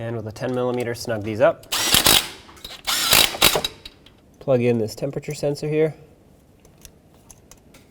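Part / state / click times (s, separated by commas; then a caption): wiring harness connector onto engine temperature sensor / not seated / none. On a 2007 Chevy Silverado Classic during an exhaust manifold replacement, someone talks while bolts are snugged with a 10mm, giving bursts of ratcheting noise around 2.0–3.7 s. The wiring harness connector is then handled and lined up on the engine temperature sensor, with only small, faint handling ticks near the end. The connector has not seated or clicked yet.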